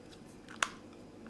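A Wi-Fi BacPac is hinged onto the back of a GoPro Hero 2 action camera and its plastic clip is pressed in, with a single sharp click at 0.6 s. Fainter soft ticks come just before it and again near 1.3 s. The clip locks the pack into place.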